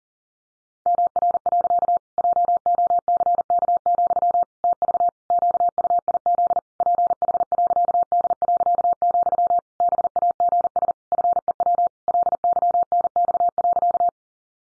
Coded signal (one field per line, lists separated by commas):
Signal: Morse code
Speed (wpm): 40 wpm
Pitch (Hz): 700 Hz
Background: none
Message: MR. JOCK, TV QUIZ PH.D., BAGS FEW LYNX.